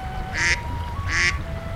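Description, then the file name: Waterfowl quacking, two loud harsh nasal calls about three quarters of a second apart, over steady low rumble and a faint thin tone in the background. "Nature A 2008 Waterfowl"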